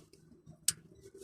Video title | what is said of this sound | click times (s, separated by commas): How To Replace Front Shocks - VW Passat B7 | That's fully seated. | 0.7 s